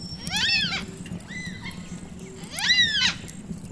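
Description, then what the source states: Cockatoo screeches, two harsh rasping calls with a softer call between them, over a steady low hum. Heard around a campfire on Palawa country in Tasmania, where black and white cockatoos live; likened to a dinosaur.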